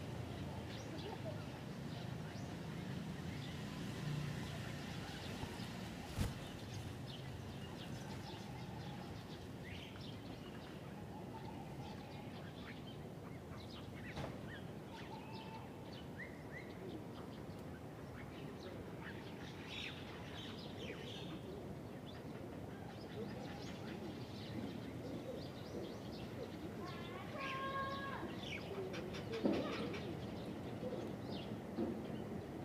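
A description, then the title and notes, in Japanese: Many birds of different kinds gather in a big tree in a park, their chirps and short calls scattered across the whole clip over a steady murmur of low background noise. A sharp tap lands near six seconds, and a cluster of bright calls stands out around twenty-eight seconds. 公園、鳥がいっぱい。公園にある大きな木にいろんな種類の鳥が集まっていました。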